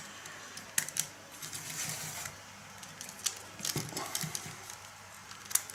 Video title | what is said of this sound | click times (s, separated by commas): Sony A6000 IR filter removal (IR conversion) | now that that's in place you heard it click click click | 0.8 s, 1.0 s, 5.6 s